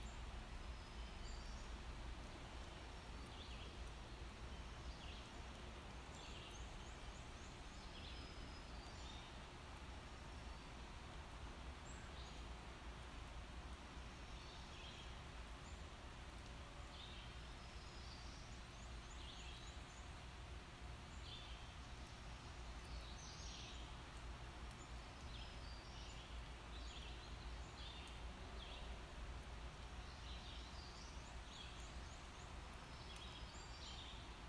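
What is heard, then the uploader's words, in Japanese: Several kinds of birds chirp and whistle through a steady hum at a house in the woods, their short calls repeating every few seconds. A low, constant rumble of a distant large truck sits underneath the whole time, with no sudden loud events. カナダはケベック州の森の中にある我が家。ある初夏の朝、何気ない我が家の日常音。何種類もの異なる鳥のさえずり。遠くから聞こえてくる大きなトラックの音。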